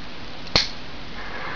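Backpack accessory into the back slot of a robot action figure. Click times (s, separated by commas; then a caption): 0.6 s. A backpack accessory's black peg is clipped into the port on the back of a die-cast Super Robot Chogokin Mazinger Z action figure. One sharp, bright snap at 0.6 s stands out over a quiet background. The peg seats securely in the back slot.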